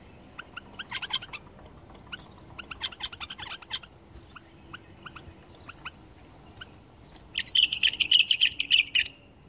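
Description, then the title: Bulbul song of quick chirped phrases and repeated short notes, followed by a loud, fast pulsing trill. "اجمل تغريد بلبل بدون اخطاء بلبل طور"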